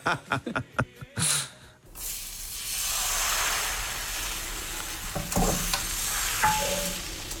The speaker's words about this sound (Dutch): Ja, dit is het bakken van een pannenkoek. Het beslag gaat in de pan.